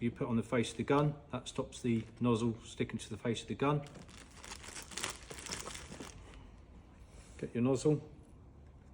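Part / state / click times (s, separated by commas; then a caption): plastic nozzle onto spray foam gun face / not seated / none. Someone talks while a plastic dispensing nozzle is handled toward the face of a two-component spray foam gun, which has been greased with petroleum jelly to stop the nozzle sticking to it. A stretch of crinkly handling noise with sharp little ticks follows around 4.4 to 5.5 seconds, then someone talks again briefly. The nozzle has not yet clicked into place.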